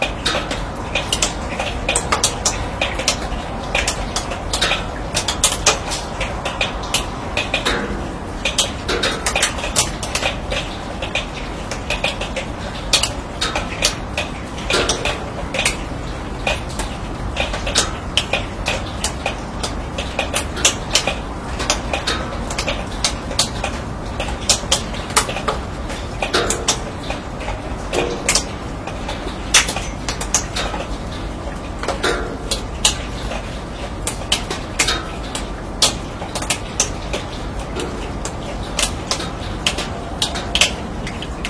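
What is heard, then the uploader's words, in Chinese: Rain drips and patters steadily on a steel roof, dense sharp metallic ticks throughout over a low constant rumble and faint ringing tones. 雨水滴落在钢铁顶棚。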